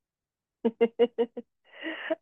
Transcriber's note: laughs